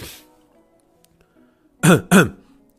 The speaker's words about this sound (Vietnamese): Ngạo Thiết đưa tay lên che miệng ho khan hỏi